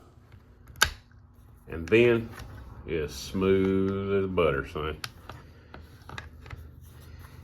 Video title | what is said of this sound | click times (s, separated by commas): Thompson Center Venture- My Favorite Hunting Rifle ! | It's got a little positive click right there on the bolt. | 0.8 s